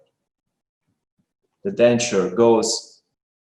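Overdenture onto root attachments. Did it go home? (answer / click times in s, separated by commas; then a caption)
no / none. An overdenture is handled over the root attachments on a model, being pushed down toward full contact. The clip is quiet until about 1.6 s, when someone talks until about 3.0 s. Nothing has seated or clicked yet.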